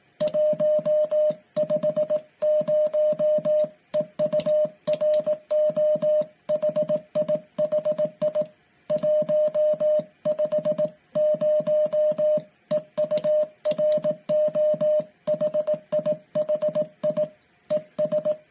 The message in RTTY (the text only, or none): none